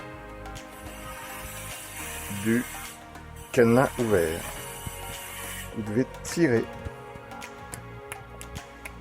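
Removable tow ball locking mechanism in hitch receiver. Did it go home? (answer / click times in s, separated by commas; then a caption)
no / none. On a Tesla Model 3, the key in the removable tow ball's locking mechanism in the hitch receiver is pulled and turned toward the lock's open position while someone talks, with a few short, faint ticks near the end. Nothing has seated or clicked yet.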